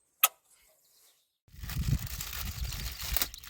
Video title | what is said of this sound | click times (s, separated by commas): Ran the White Low on Fuel and Plugged the Fuel Filters | And then it snaps back in on the top. | 0.2 s